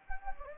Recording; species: mosquito wingbeat signal from an infrared sensor; Anopheles gambiae